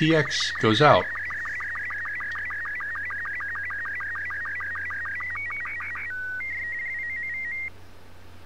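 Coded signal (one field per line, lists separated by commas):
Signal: SSTV (slow-scan television)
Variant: Robot 36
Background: speech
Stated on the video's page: SSTV images converted to WAV files and played from the transceiver's voice memories, with RS-BA1 in use.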